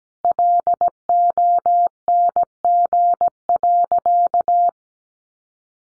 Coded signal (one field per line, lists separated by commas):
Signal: Morse code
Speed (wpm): 17 wpm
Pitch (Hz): 700 Hz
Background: none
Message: LONG.